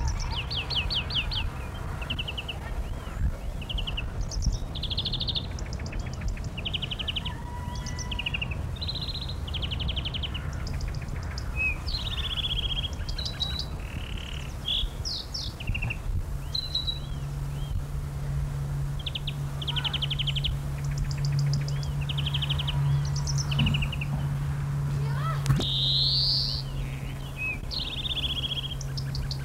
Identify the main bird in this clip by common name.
European Greenfinch